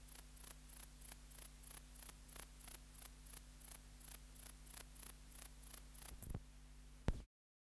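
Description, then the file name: Grey bush-cricket producing regular short, high chirps about three per second, ending with a few clicks and a thump before silence. "Platycleis albopunctata"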